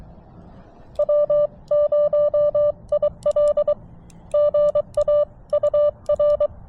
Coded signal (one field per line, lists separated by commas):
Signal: Morse code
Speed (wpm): 23 wpm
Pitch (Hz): 590 Hz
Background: none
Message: W0IL GA UR